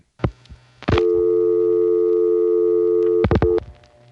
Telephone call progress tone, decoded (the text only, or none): dial tone